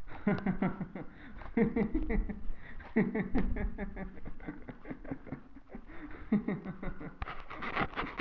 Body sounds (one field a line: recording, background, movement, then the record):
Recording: laughter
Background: quiet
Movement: walking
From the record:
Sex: male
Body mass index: 22.0 kg/m2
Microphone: on the chest, facing the body